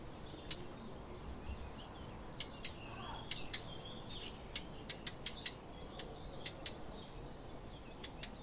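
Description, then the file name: Eurasian blackcap tack calls: sharp, dry clicks given singly or in quick pairs at irregular intervals, with faint birdsong behind. "Sylvia atricapilla"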